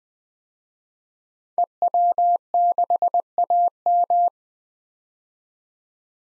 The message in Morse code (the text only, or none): EW6AM